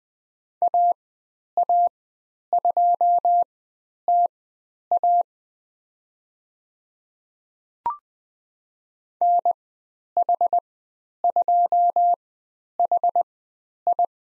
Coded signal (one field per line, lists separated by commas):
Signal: Morse code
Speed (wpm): 20 wpm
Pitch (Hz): 700 Hz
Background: none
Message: AA2TA NH2HI